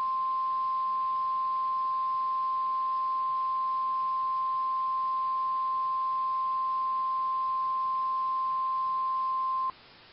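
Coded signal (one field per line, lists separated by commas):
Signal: Emergency Alert System (SAME) tones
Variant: 1050 Hz attention tone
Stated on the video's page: Recreation of 2001 New York severe thunderstorm alerts using actual text products but not the original audio; the tones are valid EAS tones.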